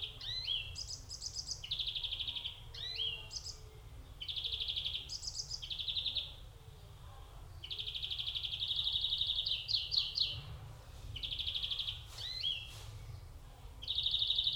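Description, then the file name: European greenfinch singing a lively run of repeated trills, rattles and short upward notes, steady flow of phrases with low constant hum beneath. "Chloris chloris"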